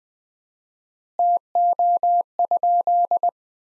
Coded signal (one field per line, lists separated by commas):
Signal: Morse code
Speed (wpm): 20 wpm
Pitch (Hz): 700 Hz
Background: none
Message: TO?